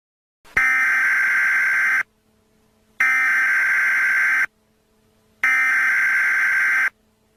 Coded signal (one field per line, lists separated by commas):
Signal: Emergency Alert System (SAME) tones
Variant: header bursts